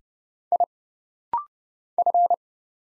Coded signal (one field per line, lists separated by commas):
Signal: Morse code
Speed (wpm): 30 wpm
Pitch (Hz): 700 Hz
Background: none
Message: I F